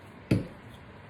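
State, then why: Seated. During reassembly of a Benelli B76 semi-automatic pistol, a takedown part is pushed down by hand into the frame using the slide stop instead of a tool. A single sharp click is heard at 0.3 s, rising about 25 dB above a quiet background. The part seats in place.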